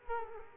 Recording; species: mosquito wingbeat signal from an infrared sensor; Culex quinquefasciatus